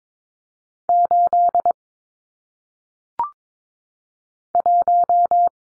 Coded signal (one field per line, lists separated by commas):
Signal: Morse code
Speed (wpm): 22 wpm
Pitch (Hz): 700 Hz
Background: none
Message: 8 1